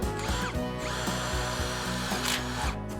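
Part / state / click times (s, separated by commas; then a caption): screw driven into a wooden gate post for a latch / stripped / none. A power drill drives a screw for a gate latch into a wooden gate post, whirring steadily for about three seconds. The screw is driven too far, and nothing seats or clicks into place. The hole is wallowed out by the overdriving, leaving it stripped and no good now.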